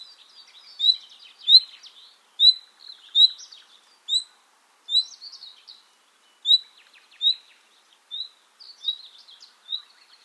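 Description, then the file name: Common nightingale song: loud, sharp chirped notes repeated many times, interspersed with softer rapid twittering and brief buzzy trills. "Luscinia megarhynchos"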